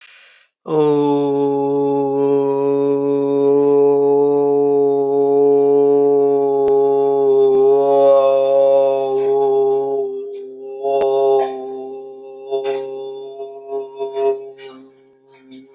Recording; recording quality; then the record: sustained vowel as in boot; moderate, slight background noise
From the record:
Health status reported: exposed to COVID-19, no respiratory illness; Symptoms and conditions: none ticked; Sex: male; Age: 19 years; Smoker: not ticked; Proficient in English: yes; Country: India